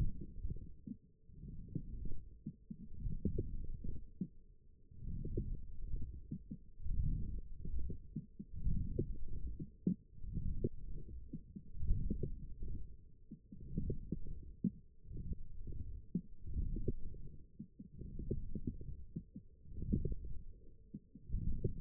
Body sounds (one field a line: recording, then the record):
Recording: forearm muscle sounds (acoustic myography)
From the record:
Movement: forearm pronation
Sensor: system 1, eight BSWA MPA416 microphones around the upper forearm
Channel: 1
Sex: male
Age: 21 years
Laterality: right